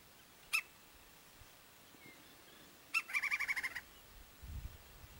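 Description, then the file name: Woodpecker call: a single sharp note, then after a pause another sharp note followed by a fast series of about eight harsh notes. A low rumble comes at the end. "canto do pica pau"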